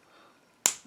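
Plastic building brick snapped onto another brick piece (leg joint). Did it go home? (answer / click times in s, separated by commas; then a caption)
yes / 0.7 s. A flipped plastic brick sub-assembly is snapped into another brick piece to form a hind leg joint of a brick-built model. After a near-silent stretch, a single sharp, loud click sounds at 0.7 s and quickly fades. The joint clicks in and is seated.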